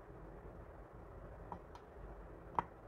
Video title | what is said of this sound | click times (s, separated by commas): Xiegu G90 Replacing Power Connector | yeah if it's here I click so that should be good | 2.6 s